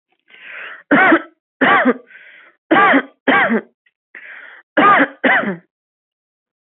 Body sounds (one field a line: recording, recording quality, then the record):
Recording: heavy voluntary cough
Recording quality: excellent, no background noise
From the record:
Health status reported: COVID-19 positive, no symptoms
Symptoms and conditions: sore throat, fatigue, muscle pain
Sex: female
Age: 24 years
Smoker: not ticked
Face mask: not worn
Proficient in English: yes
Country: India